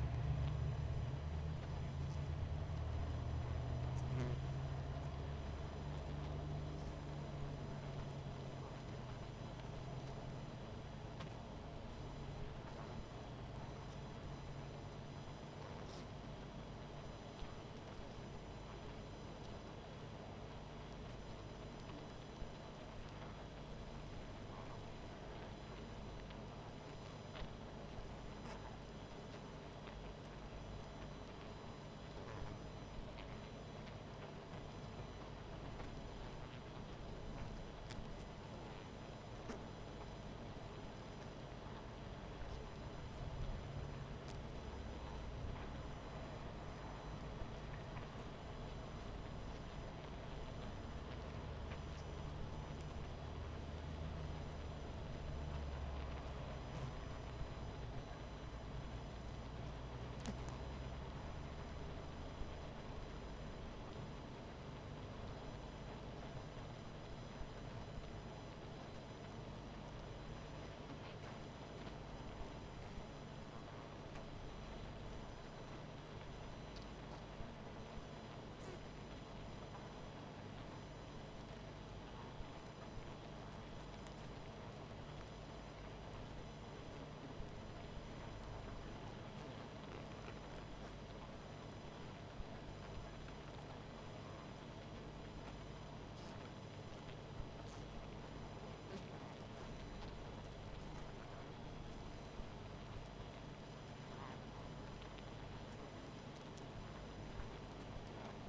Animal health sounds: honeybee colony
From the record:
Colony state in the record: missing queen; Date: 14 July 2017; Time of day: 19:57

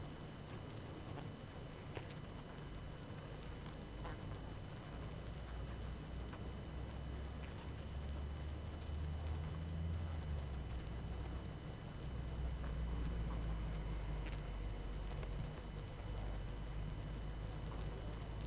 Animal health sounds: honeybee colony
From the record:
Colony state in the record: active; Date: 12 June 2018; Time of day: 20:06

